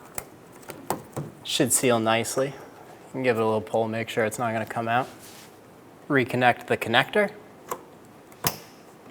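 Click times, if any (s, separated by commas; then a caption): 8.5 s. On a 2014–2019 Toyota Highlander, the wiring harness connector for the power liftgate actuator is pushed back into its mating plastic plug. Someone talks while a few light ticks and taps sound, then a sharp click at 8.5 s marks the connector seating.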